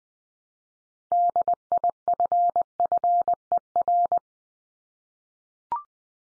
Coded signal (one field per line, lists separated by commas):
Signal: Morse code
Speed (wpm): 20 wpm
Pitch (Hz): 700 Hz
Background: none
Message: DIFFER